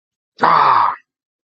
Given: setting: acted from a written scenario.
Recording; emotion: vocal sound without words; pain